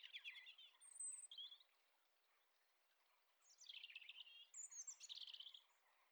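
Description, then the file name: European robin singing two quiet, rich warbled phrases with high thin notes, separated by a short pause. "Erithacus rubecula"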